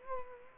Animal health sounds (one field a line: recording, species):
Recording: mosquito wingbeat signal from an infrared sensor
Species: Culex quinquefasciatus